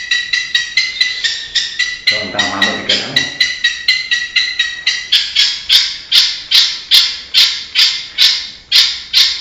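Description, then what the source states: Long-tailed shrike song of rapid harsh chattering notes repeated steadily. A brief low rumbling noise runs underneath early on, and later notes turn louder and more rasping. Banyuwangi cendet, full isian, used as a masteran tutor recording.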